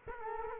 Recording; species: mosquito wingbeat signal from an infrared sensor; Culex quinquefasciatus